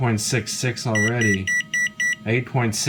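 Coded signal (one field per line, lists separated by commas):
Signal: none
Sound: meter's beeps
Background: speech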